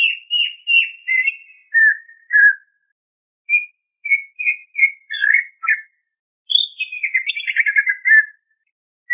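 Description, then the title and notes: Greater green leafbird song: clear whistled phrases and quick slurred notes, falling in pitch, in bursts separated by short pauses, with a fast run of chattering notes near the end. "Kicau Burung Cucak Ijo. Suara kicauan burung cucak ijo"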